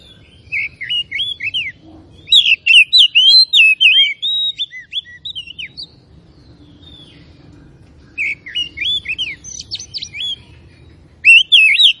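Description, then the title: Oriental magpie-robin singing varied whistled phrases in bursts, bright slurred notes tumbling quickly, broken by a quiet gap before a further whistled outburst and a final brief phrase. Labelled Tretes; described with the Indonesian bird-keeping term gacor, meaning singing actively. "Kacer Tretes"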